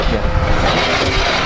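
A portable outdoor grill is handled and slid toward its exterior mounting bracket on the side of a Cherokee Limited Grey Wolf RV trailer, with steady broadband rustling and low rumbling noise and no sharp hits. Nothing has seated or clicked yet; the grill is not yet locked into the mount.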